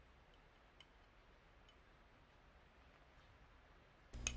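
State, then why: Seated. A fastener with a 4 mm shaft, most likely a rivet, is pushed into a freshly drilled 4 mm hole in the metal handle bracket for a mini iron griddle. After near silence with a faint tick at 0.8 s, a scraping burst starts at 4.1 s and the shaft snaps in with a sharp click at 4.3 s. It is seated, with the hole fitting the shaft exactly.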